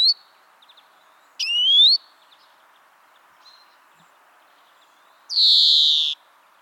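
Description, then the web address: European greenfinch giving one short upward-sweeping whistled call, then a long harsh buzzy wheeze after a pause. "pub SETE data Chloris chloris"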